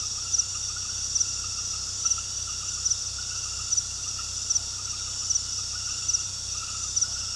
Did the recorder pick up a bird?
no